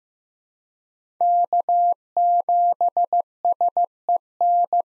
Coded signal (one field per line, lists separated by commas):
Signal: Morse code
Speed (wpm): 15 wpm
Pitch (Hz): 700 Hz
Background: none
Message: K7SEN